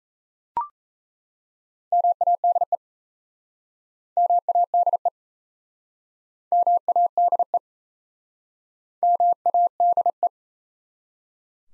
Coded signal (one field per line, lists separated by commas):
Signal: Morse code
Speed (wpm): 37 wpm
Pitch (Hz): 700 Hz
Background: none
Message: MADE MADE MADE MADE